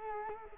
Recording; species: mosquito wingbeat signal from an infrared sensor; Culex quinquefasciatus